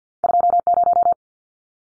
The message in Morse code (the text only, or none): 20